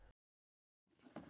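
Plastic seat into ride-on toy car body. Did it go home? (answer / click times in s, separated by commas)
no / none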